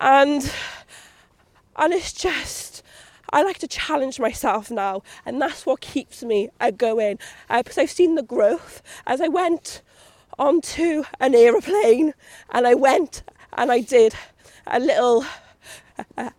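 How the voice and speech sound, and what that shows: Adult woman who stammers, speaking with a prolonged opening sound, hard glottal starts and mid-phrase pauses, typical of her stammer (speech impediment).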